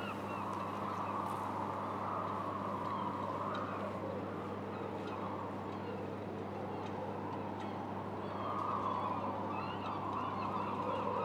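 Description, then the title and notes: Gulls giving harsh, wavering cries that rise and fall throughout, set against steady roaring wind and a low constant hum. Recorded at a harbour quay in Boulogne-sur-Mer, France, in wind. "Quai Thurot, Boulogne-sur-Mer, France - Mouettes. Prise de sons : JF CAVRO"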